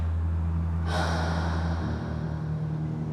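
A woman breathes heavily while standing leaning on a roadside barrier, a rough breathy rush starting about a second in and continuing over a steady low droning hum, with no talking.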